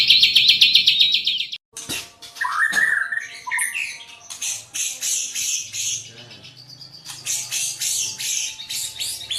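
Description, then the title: White-rumped shama singing: a fast stuttering rattle, then looping whistled notes and repeated high buzzy trills, with a faint low hum underneath. "murai batu"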